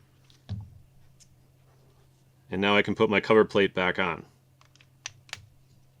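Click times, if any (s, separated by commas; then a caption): 5.1 s, 5.3 s. With the spool fully seated, the side cover plate of a baitcasting reel is fitted back onto the reel frame after someone talks. Two sharp hits at 5.1 s and 5.3 s mark the plate snapping back into place.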